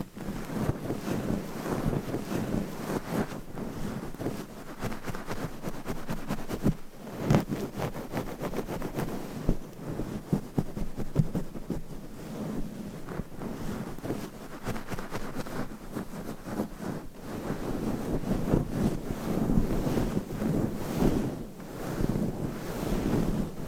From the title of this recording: Mic Scratching - Brain Scratching with 50 DIFFERENT MICS Covers & Nails